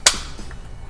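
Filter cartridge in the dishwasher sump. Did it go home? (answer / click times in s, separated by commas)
released / 0.1 s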